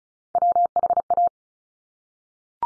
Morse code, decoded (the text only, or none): WHA